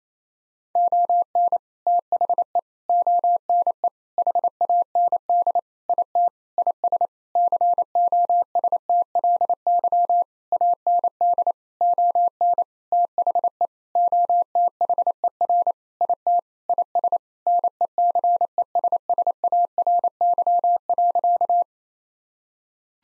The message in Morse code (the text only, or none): ON THE ONE HAND IT IS COSTLY AND ON THE OTHER IT IS NECESSARY.